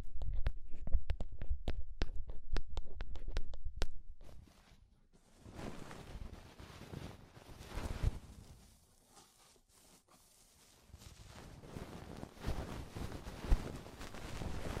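Ear cleaning sounds with rhinestone and clay removal: a quick run of sharp clicks and taps through the first four seconds, then softer scraping, crinkling and squishing textures. The sounds come in bursts separated by near-silent pauses around five and ten seconds.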